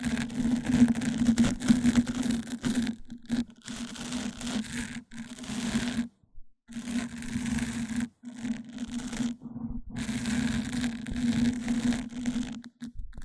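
Microphone-on-microphone triggers: rough scraping and crackling rubs against the mic, with a steady low hum running underneath. The rubbing comes in bursts of a second or two, broken by short sharp silences around 3, 6, 8 and 10 seconds.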